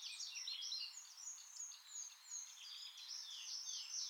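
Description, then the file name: Eurasian blackcap warbling in quick, high, scratchy phrases over a steady background hiss. "Sylvia atricapilla"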